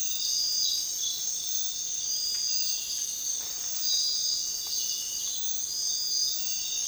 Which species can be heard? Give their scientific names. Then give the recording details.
none. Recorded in dense forest near Puerto Asís, Putumayo, Colombia, on 21 February 2024 at 06:00. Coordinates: 0.466, -76.327. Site G6413